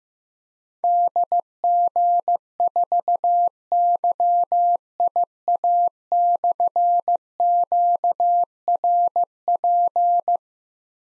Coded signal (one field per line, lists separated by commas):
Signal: Morse code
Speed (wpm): 15 wpm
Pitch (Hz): 700 Hz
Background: none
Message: DG4YIA/QRP